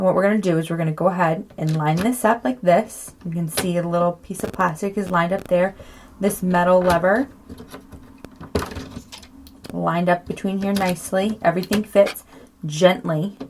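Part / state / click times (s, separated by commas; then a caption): label tape cassette into label printer compartment / seated / 8.6 s. A plastic label tape cassette is lined up with the metal lever and pressed gently, not with a rough push, into the cassette compartment of a Brother PT1890 label printer while someone talks. A short, sharp click is heard at 8.6 s among a few faint knocks, and the cassette seats in place.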